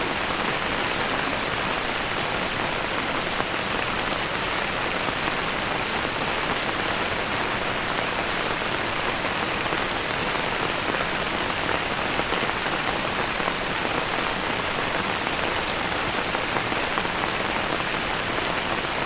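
Rain falls steadily on an umbrella, a dense, even patter of countless drops that never lets up for the whole stretch. The sound is bright, a constant hiss with tiny crackling taps, and the loudness stays level throughout.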